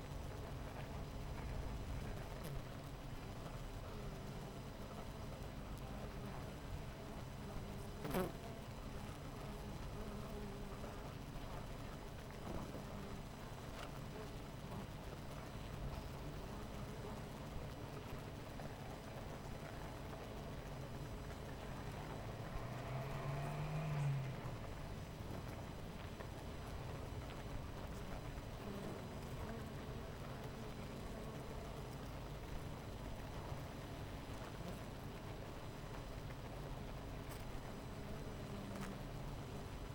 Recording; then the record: honeybee colony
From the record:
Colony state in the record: missing queen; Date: 14 July 2017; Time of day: 10:31